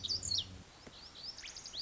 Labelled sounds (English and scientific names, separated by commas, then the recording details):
Lazuli Bunting (Passerina amoena)
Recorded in Sonoma County, California